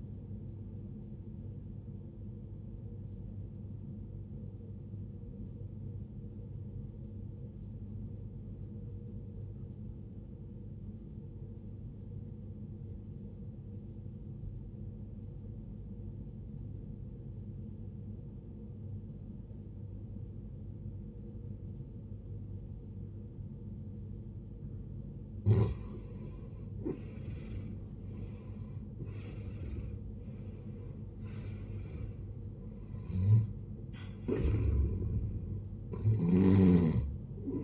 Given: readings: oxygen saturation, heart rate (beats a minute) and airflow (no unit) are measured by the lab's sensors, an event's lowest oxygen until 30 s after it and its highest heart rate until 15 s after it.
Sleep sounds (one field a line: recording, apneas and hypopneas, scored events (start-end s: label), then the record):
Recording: breathing in sleep by a smartphone at the bedside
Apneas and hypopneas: 1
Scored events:
8.00-26.80 s: obstructive apnea (N1, oxygen 93% highest, then 76% lowest, heart rate 56 at the start, 77 highest)
From the record:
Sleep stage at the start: N1 (lightest sleep)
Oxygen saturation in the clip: 77 to 93%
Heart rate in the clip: 50 to 77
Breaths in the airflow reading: 4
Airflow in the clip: -16.5 to 17.7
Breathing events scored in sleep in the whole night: 389 in 6.3 hours asleep